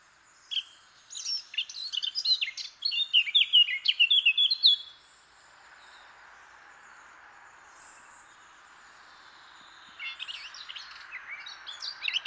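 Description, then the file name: Eurasian blackcap song: a fast busy warbling phrase for several seconds, a quiet gap with faint background hiss, then another phrase starting. "Sylvia atricapilla"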